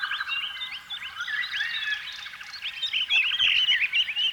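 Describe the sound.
Canary song, a dense tumble of quick rising and falling chirps and warbled notes that grows louder toward the end.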